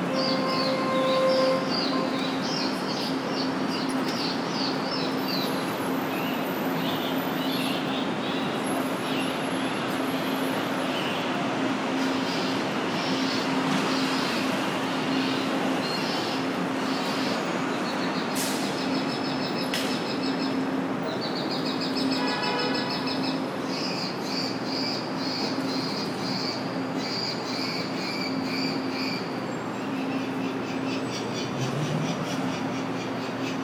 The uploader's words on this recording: Bird sounds at JFK. Why? at Terminal 3.